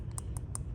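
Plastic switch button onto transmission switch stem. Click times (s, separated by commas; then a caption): 0.2 s, 0.6 s. A plastic transmission switch button (R, AUTO, PS) for a Ferrari 488 is lined up by its plus-shaped key, so it won't sit 90 degrees off and miss contact, and pushed onto the transmission switch stem in the center console. Sharp clicks land at 0.2 s and 0.6 s, with a fainter tick at 0.1 s and another at 0.4 s, over a steady low hum. The button clicks into place and is seated.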